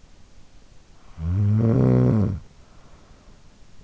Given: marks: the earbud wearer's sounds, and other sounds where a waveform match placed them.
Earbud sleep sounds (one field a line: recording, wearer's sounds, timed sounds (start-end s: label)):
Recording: sounds in sleep by an in-ear microphone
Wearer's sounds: snoring breath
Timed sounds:
0.54-3.59 s: snoring breath